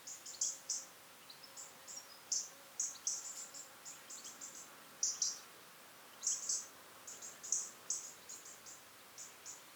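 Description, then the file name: European robin calls: a steady stream of high, sharp ticks and short chattering clusters that continues throughout, with quiet gaps between some bursts. "Erithacus rubecula"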